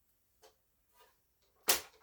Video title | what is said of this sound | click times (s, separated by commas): Cobra rattler has landed!!! | You can kind of hear it click in whenever it goes, guys. | 1.7 s